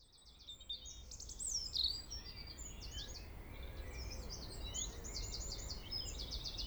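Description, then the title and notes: European robin song: a run of thin, high, rapidly trilled and warbled phrases, varied in pitch and packed closely together, over a steady low background rumble. Early evening, April 2019, at the top of the Traouïero valley, Trégastel, France; recorded with an ORTF pair of MKH 8040 microphones into a MixPre-D and Zoom H5. "Vallée des Traouiero, Trégastel, France - Robin Redbreast on the top of the valley [Valley Traouïero]. yponomeutaneko"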